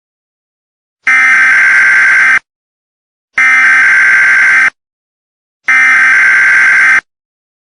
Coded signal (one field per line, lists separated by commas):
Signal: Emergency Alert System (SAME) tones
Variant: header bursts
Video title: EAS SCENARIO: ornithophobia